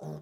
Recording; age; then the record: pig call; piglet (1 to 25 days)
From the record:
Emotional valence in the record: negative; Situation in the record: short isolation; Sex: female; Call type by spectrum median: low-frequency call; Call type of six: low-frequency stable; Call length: 0.22 s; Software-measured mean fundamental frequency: 51 Hz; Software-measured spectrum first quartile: 162 Hz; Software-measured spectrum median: 297 Hz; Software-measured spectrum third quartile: 583 Hz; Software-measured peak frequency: 390 Hz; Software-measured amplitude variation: 78 dB a second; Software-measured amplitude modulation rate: 16.0 a second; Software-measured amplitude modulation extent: 4.9 dB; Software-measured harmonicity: 0.6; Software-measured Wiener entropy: -0.20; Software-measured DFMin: 1701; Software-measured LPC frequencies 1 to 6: 532, 3652, 5779, 7591, 8647, 10773 Hz